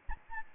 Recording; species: mosquito wingbeat signal from an infrared sensor; Anopheles gambiae